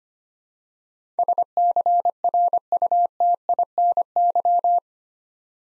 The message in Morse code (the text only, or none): SCRUTINY